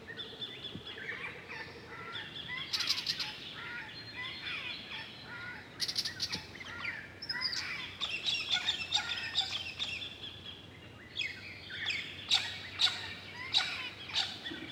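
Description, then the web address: Bird song: busy, high chattering chirps and twittering phrases overlapping almost continuously. Birds beside a turning water wheel; water sports and nature setting. "Draaiend Waterrad Vogels (watersport-natuur), KMP Film Video Sound Effects"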